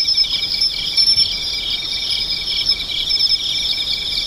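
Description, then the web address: Insect song as a continuous high-pitched ringing trill, layered with a rapid, even pulsing note beneath, unbroken throughout. "cats nishikawa 201110 mushinokoi"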